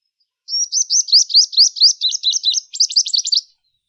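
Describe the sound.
Purple Sunbird song: high, quick chirping notes rising and dipping in a steady run, ending in a slightly buzzier twitter, about three seconds long; no other sounds.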